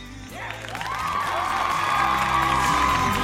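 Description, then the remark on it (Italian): A crowd applauds and cheers loudly and steadily for several seconds for Adrian Solano, a 22-year-old Venezuelan skier at the world ski championships, with shouts and whoops rising over dense, continuous clapping. “E come puoi sentire dall'applauso, è lui, Adrian Solano, 22 anni, è una storia bellissima”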